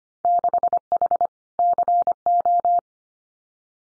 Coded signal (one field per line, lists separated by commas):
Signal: Morse code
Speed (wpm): 25 wpm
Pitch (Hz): 700 Hz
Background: none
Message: 6H CO